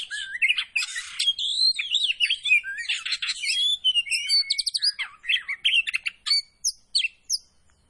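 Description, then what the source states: Oriental magpie-robin song, dense whistled warbling followed by quick repeated buzzy trills and sharp high notes. Kacer poci variety, singing vigorously (gacor).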